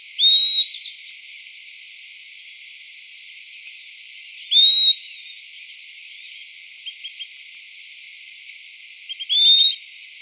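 Bird calls: a short rising whistled note, each followed by quick ticks, given three times about four to five seconds apart over a quiet hiss.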